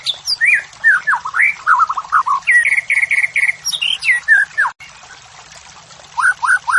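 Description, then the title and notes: White-rumped shama delivering fast slurred whistles, descending trills and a series of several even repeated notes, then a gap before a few rising whistles. Morning song of the white-rumped shama, described as vigorous, used as a lure and tutoring recording for training caged songbirds and building their fighting spirit. "Masteran Murai. Pancingan Murai Batu Pagi Hari Melatih Mental Fighter. Murai Batu Gacor"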